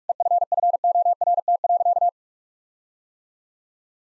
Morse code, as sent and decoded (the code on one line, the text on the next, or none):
. ..-. ..-. --- .-. - .-.-.-
EFFORT.